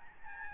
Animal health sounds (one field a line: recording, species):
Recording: mosquito wingbeat signal from an infrared sensor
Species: Aedes albopictus